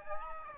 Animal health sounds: mosquito wingbeat signal from an infrared sensor; Aedes albopictus

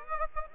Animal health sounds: mosquito wingbeat signal from an infrared sensor; Aedes aegypti

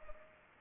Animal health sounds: mosquito wingbeat signal from an infrared sensor; Culex pipiens

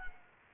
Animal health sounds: mosquito wingbeat signal from an infrared sensor; Culex quinquefasciatus

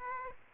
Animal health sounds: mosquito wingbeat signal from an infrared sensor; Aedes aegypti

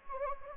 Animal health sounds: mosquito wingbeat signal from an infrared sensor; Anopheles gambiae

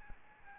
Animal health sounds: mosquito wingbeat signal from an infrared sensor; Aedes albopictus

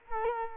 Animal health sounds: mosquito wingbeat signal from an infrared sensor; Culex quinquefasciatus

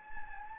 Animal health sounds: mosquito wingbeat signal from an infrared sensor; Anopheles gambiae

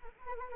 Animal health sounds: mosquito wingbeat signal from an infrared sensor; Anopheles arabiensis

